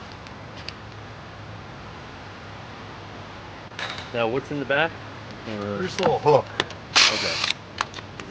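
A transmission cable on a 2007 Rabbit is handled while being routed toward a small plastic guide hook at the back. Someone talks over a low steady hum, with a few faint ticks and handling noises. Nothing has seated or clicked yet.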